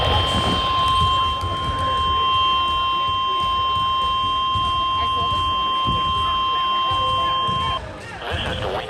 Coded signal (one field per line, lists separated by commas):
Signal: Emergency Alert System (SAME) tones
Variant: 1050 Hz attention tone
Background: speech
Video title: Monthly and Weekly EAS Tests Starting off June (6/1/22) (EAS #174-175)